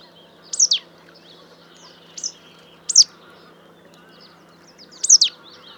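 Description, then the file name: Marsh tit calls: four short, high, down-slurred chirps, some paired, spread irregularly over a few seconds against a faint steady hum. "Poecile palustris"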